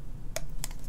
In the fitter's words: we go that's clicks into place really nice